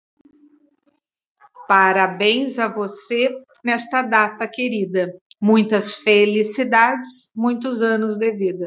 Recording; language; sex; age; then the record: short text; Brazilian Portuguese; female; 50 to 59 years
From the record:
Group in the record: control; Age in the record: 51 years